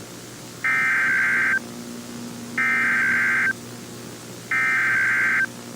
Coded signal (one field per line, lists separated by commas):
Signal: Emergency Alert System (SAME) tones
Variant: header bursts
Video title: [Mini EAS Scenario] The Mandela Catalogue